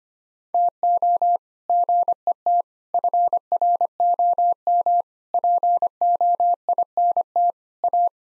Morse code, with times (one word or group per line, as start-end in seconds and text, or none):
0.5-1.4 TO
1.7-2.6 GET
2.9-5.0 FROM
5.3-7.5 POINT
7.8-8.1 A